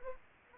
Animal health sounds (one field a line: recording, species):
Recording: mosquito wingbeat signal from an infrared sensor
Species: Anopheles arabiensis